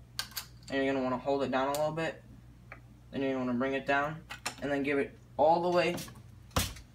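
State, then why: Seated. Someone talks while pulling the lever of a MEC 600 Jr. shotshell reloading press all the way down to prime a shotgun shell. A sharp click at 6.6 s marks the lever hitting the bottom of the bar, seating the primer in the hull.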